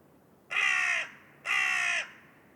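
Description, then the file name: Carrion crow giving two rasping caws about a second apart, each drawn out and slightly falling at the end, with little else audible. "Corvus corone"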